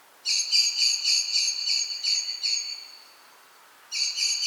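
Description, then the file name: Common blackbird calls: a long, rapid, scratchy chatter lasting nearly three seconds, fading away, then a fresh burst starting after a short pause. "Turdus merula"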